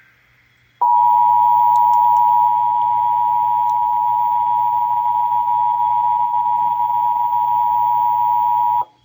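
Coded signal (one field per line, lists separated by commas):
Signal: Emergency Alert System (SAME) tones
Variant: 853 and 960 Hz attention tone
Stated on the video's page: Texas required monthly test carried on broadcast radio and TV stations WBAP, KAZD, KSCS, KXAS, WFAA, KFAA and KTVT.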